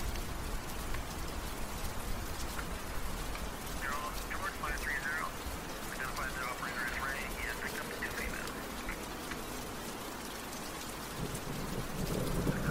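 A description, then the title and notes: Steady, dense rain pours throughout, a hiss over a low city rumble. Between about four and nine seconds, faint warbling, chattery tones rise above the rain, like radio voices. Near the end the low rumble swells slightly. Gotham city ambience | night city | rain sounds. Police radio chatter.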